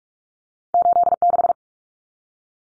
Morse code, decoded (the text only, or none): 86